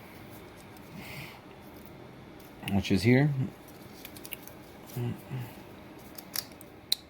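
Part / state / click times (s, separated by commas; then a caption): small clip onto motorcycle exhaust fitting / seated / 6.9 s. A small clip is pushed onto its mount on the motorcycle exhaust fitting during a Penta Carbon exhaust install on a 2012 BMW S1000RR. Someone talks, light ticks and handling sounds follow, and then one sharp, loud snap at 6.9 s shows the clip has clicked into place and seated.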